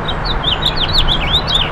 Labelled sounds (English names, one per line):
House Finch song